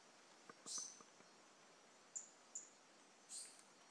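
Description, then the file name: Brachycephalus mirissimus calling with a few short, very high-pitched chirps spread across four seconds, with soft low taps early on. Individual 01, recorded 18 January 2018; specimen not collected. "Brachycephalus mirissimus 18 jan 2018 individual 01 ex 02 A E Confetti not collected"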